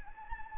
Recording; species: mosquito wingbeat signal from an infrared sensor; Anopheles gambiae